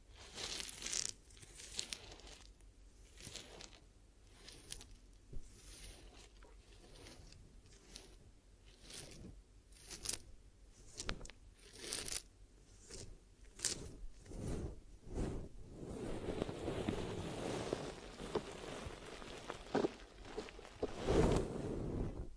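Glue ear massage and cleaning: irregular rubbing, crinkling and scraping strokes repeat every second or so, growing denser and louder after fifteen seconds.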